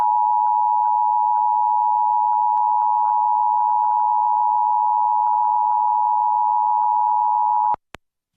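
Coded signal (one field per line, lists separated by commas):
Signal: Emergency Alert System (SAME) tones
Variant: 853 and 960 Hz attention tone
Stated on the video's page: Fictional national periodic test on an animated network; simulated, not real.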